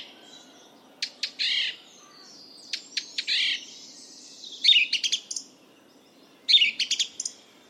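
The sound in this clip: Bird calls in short bursts of sharp, high chirps, grouped clusters about every one and a half to two seconds, with faint background hiss.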